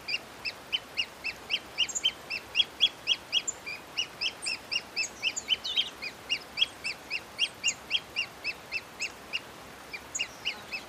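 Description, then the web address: Pearl kite calling in a long, fast series of high, thin chips, about four per second, with a few tangled extra notes midway. "sound Pearl-kite. دانلود-صدای-پرنده-کورکور-مرواریدی"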